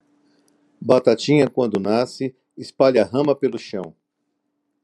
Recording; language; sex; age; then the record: short text; Brazilian Portuguese; male; 50 to 59 years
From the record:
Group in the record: control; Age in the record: 54 years